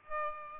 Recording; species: mosquito wingbeat signal from an infrared sensor; Aedes albopictus